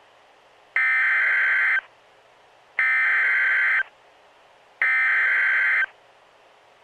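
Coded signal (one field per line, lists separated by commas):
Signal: Emergency Alert System (SAME) tones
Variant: header bursts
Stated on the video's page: Fictional EAS scenario compilation styled as NOAA weather radio alerts, recorded on a phone via noaaweatherradio.org; not a real alert.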